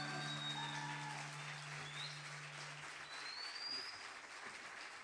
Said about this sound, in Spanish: Fuerte el aplauso.